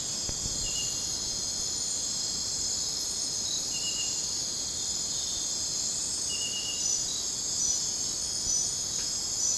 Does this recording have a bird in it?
no